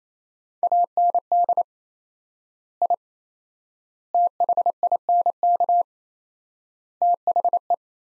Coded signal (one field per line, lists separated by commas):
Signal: Morse code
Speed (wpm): 28 wpm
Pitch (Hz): 700 Hz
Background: none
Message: AND I THINK THE